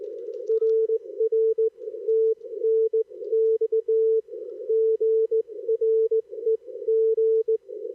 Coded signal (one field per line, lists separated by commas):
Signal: Morse code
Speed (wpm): 18 wpm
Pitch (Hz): 440 Hz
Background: none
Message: RR TNX GREG